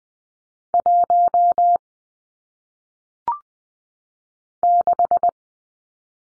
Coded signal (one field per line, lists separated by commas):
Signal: Morse code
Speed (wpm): 20 wpm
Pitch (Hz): 700 Hz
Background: none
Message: 1 6